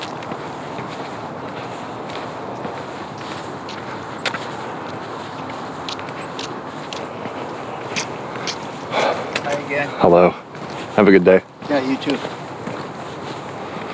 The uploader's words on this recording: Falling Snow on the Shoreline Trail (Sandy Hansen Shoreline Orange Trail, Millennium Park). The quietness of snow while passing a few animals, hikers, and cars along the Sandy Hansen Shoreline Orange Trail.